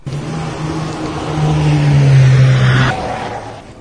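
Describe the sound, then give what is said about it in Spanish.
A car engine turns over and revs as the car is being taken out, its low droning hum swelling louder and higher through the middle before cutting back sharply near the end. No one speaks. “Nos podemos ir ya. Voy sacando el coche.”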